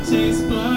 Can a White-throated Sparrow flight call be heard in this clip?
no